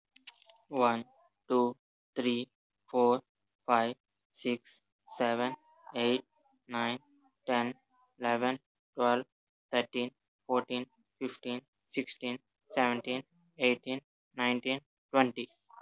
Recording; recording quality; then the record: counting at a normal pace; excellent, no background noise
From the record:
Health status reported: healthy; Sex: male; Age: 22 years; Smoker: no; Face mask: not worn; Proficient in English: yes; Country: India